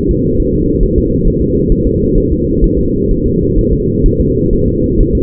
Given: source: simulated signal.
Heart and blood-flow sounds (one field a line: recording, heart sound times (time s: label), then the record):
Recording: fetal heart sounds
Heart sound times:
0.11 s: S2
0.40 s: S1
0.54 s: S2
0.83 s: S1
0.98 s: S2
1.27 s: S1
1.42 s: S2
1.72 s: S1
1.87 s: S2
2.18 s: S1
2.32 s: S2
2.64 s: S1
2.79 s: S2
3.11 s: S1
3.26 s: S2
3.59 s: S1
3.73 s: S2
4.06 s: S1
4.21 s: S2
4.53 s: S1
4.68 s: S2
5.00 s: S1
5.15 s: S2
From the record:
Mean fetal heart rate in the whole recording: 130 bpm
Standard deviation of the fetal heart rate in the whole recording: 4 bpm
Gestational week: 38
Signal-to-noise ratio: -14.7 dB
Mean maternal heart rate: 72 bpm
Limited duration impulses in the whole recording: present